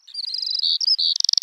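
Bird song, a short burst of high warbled notes and trills, ending in a quick stutter of sharp repeated chips.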